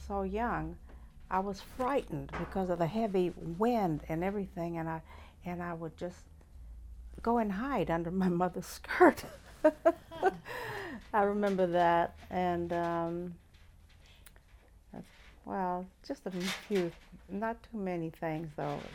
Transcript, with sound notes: so young, I was frightened, because of the heavy wind and everything, and I would just go and hide under my mother's skirt! [Laughs] I remember that. And well, just — not too many things, though.